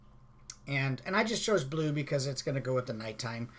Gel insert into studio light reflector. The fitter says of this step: we put it inside, snap it in there real easy.